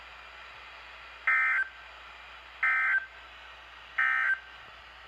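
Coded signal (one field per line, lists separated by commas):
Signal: Emergency Alert System (SAME) tones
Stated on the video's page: Series of flood alerts from the Sterling forecast office.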